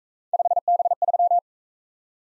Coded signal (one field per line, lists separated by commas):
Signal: Morse code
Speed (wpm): 40 wpm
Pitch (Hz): 700 Hz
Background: none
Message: 5B3